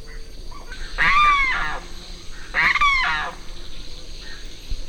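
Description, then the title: Limpkin giving two loud, rich wailing cries, each rising then sliding down in harmonics, about one and a half seconds apart. Nominate subspecies Aramus guarauna guarauna, assumed from location. "LuckyPassaro Completos2Sama. Limpkin (Aramus guarauna guarauna (ssp assumed from location))"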